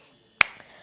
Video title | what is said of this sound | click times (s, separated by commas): etrailer - Fit Test: Saris MHS UNO Bike Rack for 4 Bikes on a 2023 Kia Seltos | you lift up on the base and it snaps into place in the drive position you're now ready to drive | 0.4 s